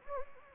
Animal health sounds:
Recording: mosquito wingbeat signal from an infrared sensor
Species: Anopheles gambiae

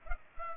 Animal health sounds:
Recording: mosquito wingbeat signal from an infrared sensor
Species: Culex pipiens

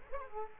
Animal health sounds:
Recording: mosquito wingbeat signal from an infrared sensor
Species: Culex quinquefasciatus

